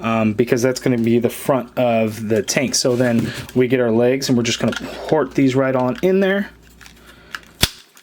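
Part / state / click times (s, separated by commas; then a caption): figure leg piece into tyrannosaurus body / seated / 7.6 s. Someone talks while the plastic leg pieces of a Hasbro Power Rangers Dino Megazord combining figure are pegged into the tyrannosaurus chest section. After the talking stops, faint handling taps lead to a sharp click at 7.6 seconds as a leg snaps into place.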